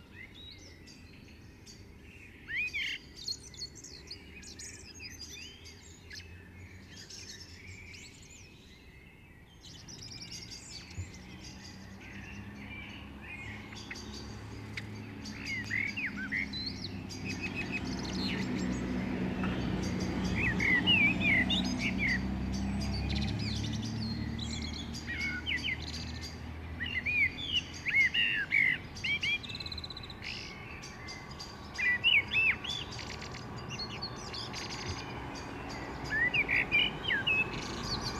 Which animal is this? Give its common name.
Common Blackbird